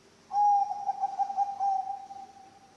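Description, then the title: Zebra dove song: a quick burst of beaded, staccato cooing on one steady note, lasting a little over two seconds. Bangkok-type zebra dove (perkutut bangkok) song, intended as masteran training audio for other birds and as a lure (pancingan). "mster Mnuk. SUARA OCEHAN BURUNG PERKUTUT BANGKOK Untuk MASTERAN dan PANCINGAN"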